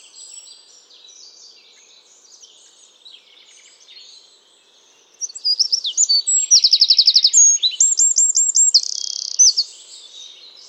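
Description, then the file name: Eurasian wren song: faint high twittering at first, then a loud burst of rapid trills and ringing looped notes in the second half. "Troglodytes troglodytes"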